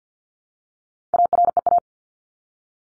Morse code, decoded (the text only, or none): AREA